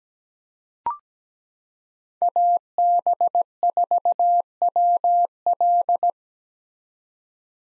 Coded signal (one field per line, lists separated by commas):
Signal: Morse code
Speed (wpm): 17 wpm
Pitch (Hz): 700 Hz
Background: none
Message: AB4WL